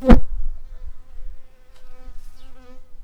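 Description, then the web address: Shrill carder bee buzz: a brief sharp thump, then a steady low droning hum with clear harmonics. Worker bees. "bumblebees Sylvarum-workers"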